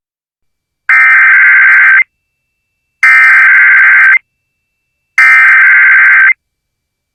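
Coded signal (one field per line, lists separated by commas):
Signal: Emergency Alert System (SAME) tones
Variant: header bursts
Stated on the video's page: Fictional EAS scenario about rampaging turkeys.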